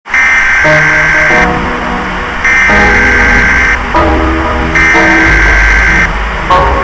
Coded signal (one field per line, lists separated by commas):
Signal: Emergency Alert System (SAME) tones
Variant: header bursts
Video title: amalgamation: EAS